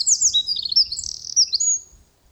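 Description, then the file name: Eurasian wren giving a short burst of high, sharp notes and quick trills that fades out after two seconds. "Troglodytes troglodytes"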